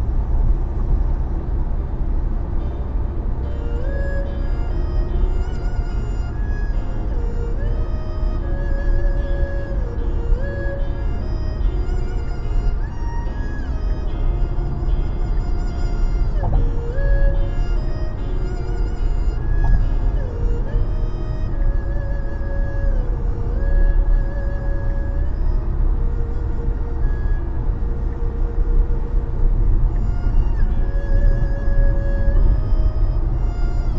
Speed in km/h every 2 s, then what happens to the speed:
99, 101, 104, 102, 104, 100, 100, 101, 100, 100, 101, 101, 102, 100, 98, 97, 96.
0-34 steady at about 100.